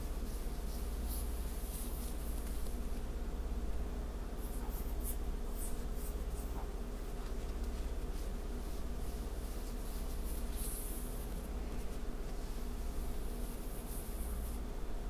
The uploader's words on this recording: ASMR back scratch, hair play & neck tingles on Emily no whisper (fabric sounds & back tracing).